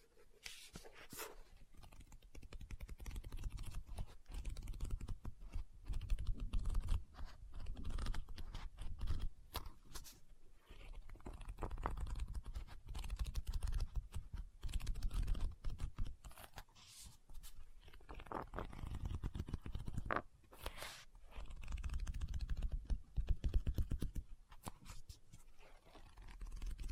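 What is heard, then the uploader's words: Fingers tap and scratch on a book in quick, dense bursts, a busy clicking patter that runs almost without pause for the whole stretch. A few sharper, brighter strikes stand out near 1, 15 and 20 seconds, with a low thudding body under the taps. Book Tapping, Scratching, Page Turning.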